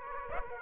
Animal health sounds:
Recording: mosquito wingbeat signal from an infrared sensor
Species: Aedes aegypti

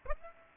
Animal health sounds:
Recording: mosquito wingbeat signal from an infrared sensor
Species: Aedes aegypti

